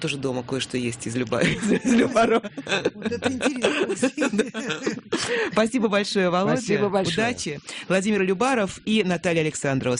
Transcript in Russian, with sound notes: У меня тоже дома кое-что есть из Любарова. (Смеется) Спасибо большое, Володя. Удачи! Владимир Любаров и Наталья Александрова.